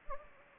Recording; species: mosquito wingbeat signal from an infrared sensor; Anopheles gambiae